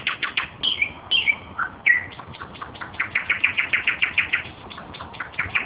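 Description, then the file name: Nightingale song with a few slurred whistles followed by a long fast series of repeated notes, over low background noise. "solovei"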